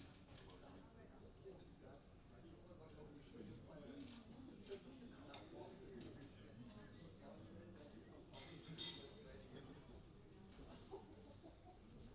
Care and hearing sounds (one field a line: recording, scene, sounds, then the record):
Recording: everyday scene through a hearing-aid microphone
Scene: many people talking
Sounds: many voices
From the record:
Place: university cafeteria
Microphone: in the ear canal, right